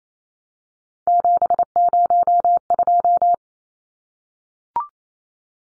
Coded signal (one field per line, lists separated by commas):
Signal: Morse code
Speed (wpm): 28 wpm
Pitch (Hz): 700 Hz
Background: none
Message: 702